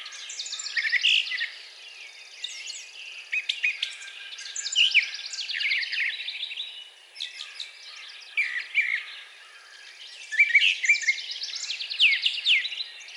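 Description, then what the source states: Brown thrasher singing a continuous medley of rapid, varied phrases, many given twice in quick succession, with dry chattering and bright whistled notes. Recorded 4 June 2020.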